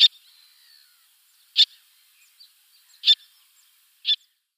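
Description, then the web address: Little tern giving single sharp, high calls spaced one to one and a half seconds apart, four notes, with faint soft sounds between them. "Schulze Peter Little Tern"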